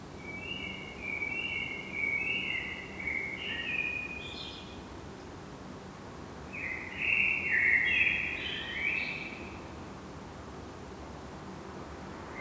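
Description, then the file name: Common blackbird: two groups of stretched, wavering whistled notes, the second louder and rougher, over a constant low background hiss. "Turdus merula"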